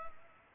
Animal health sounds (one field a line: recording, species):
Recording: mosquito wingbeat signal from an infrared sensor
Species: Culex pipiens